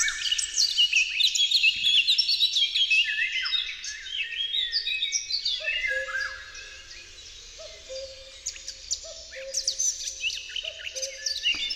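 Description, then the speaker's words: Eurasian Blackcap song, a fast scratchy warbling medley of high notes, with low repeated two-note calls from another bird in the second half. May primeval forest; among the most characteristic May forest songsters, sending out a medley of shrieking sounds that turn into beautiful melodious tones. "należy kapturka, która rozsyła wiązankę z krzyczących dźwięków przechodzących w piękne, melodyjne tony."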